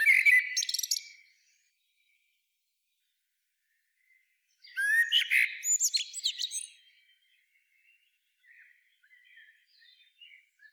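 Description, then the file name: Common blackbird song: a brief warbled phrase, silence, then a longer fluty phrase with squeaky high trills, followed by soft quiet twittering. "Turdus merula"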